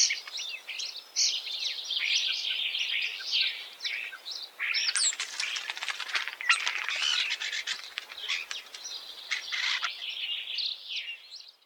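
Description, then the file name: Common starling song with continuous jumbled chatter, wheezy rattles and clicks over a steady hiss, a long buzzy passage through the middle. "Golosa ptic i zverei - Skvorec"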